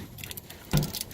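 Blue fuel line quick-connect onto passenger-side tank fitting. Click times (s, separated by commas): 0.8 s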